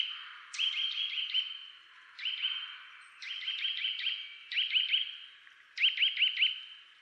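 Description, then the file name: Eurasian nuthatch calling in several short series of a few ringing whistled notes, at fairly regular intervals. "Sitta europaea"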